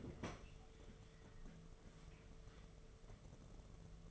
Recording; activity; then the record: daily activity, microphone in the room; open fridge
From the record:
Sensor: 4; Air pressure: 1015.8 hPa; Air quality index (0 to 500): 190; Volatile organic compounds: 9 ppm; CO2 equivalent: 2190 ppm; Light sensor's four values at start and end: 10/23/9/9 and 8/17/7/7